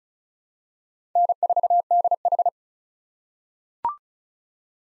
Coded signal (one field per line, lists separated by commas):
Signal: Morse code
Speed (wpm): 36 wpm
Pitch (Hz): 700 Hz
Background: none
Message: N4DH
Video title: 2023 POTA Hunter Call Signs - 35wpm